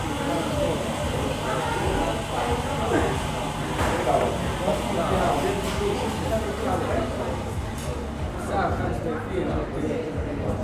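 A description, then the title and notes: A busy coffee shop hums with steady overlapping chatter, a dense unbroken murmur of voices, with occasional faint clinks and brief brighter taps throughout. Cozy Coffee Shop Ambiance. The bustling ambiance of an English seaside town coffee shop. This binaural field recording captures the vibrant atmosphere of a busy coffee shop.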